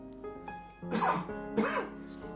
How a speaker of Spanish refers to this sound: Perdona, el que tose soy yo y es de tanto hablar.